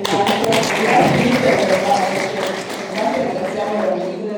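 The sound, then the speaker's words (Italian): Sustained audience applause for a speaker's talk at an evening event, a dense wash of many hands clapping at a steady loudness throughout, with a faint murmur of voices mixed in. “Gli applausi per l'intervento”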